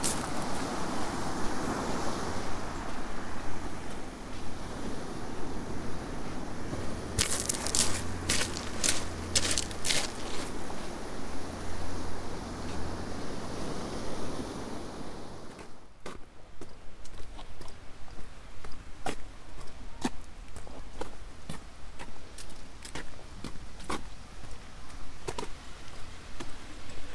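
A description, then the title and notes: A walk along a coastal path: for the first fifteen seconds a dense, rushing wash like surf or wind fills the scene, with a low engine-like drone and a burst of sharp cracks near the middle. Afterward it quiets, leaving scattered crunching steps and clicks. Today's walk is from Seaton to Portwrinkle along the South West Coast Path.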